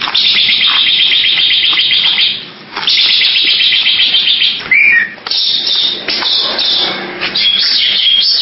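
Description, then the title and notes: Bali myna song: long buzzy rattling phrases separated by a brief pause, then scratchy chatter and short high notes. "Jalak Bali 2. Kicau Burung Jalak"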